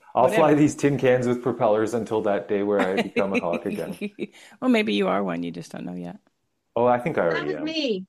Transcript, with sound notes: I'll fly these tin cans as propellers until that day where I become a hawk again.
(laughs) Well, maybe you are one, you just don't know yet.
Oh, I think I already am.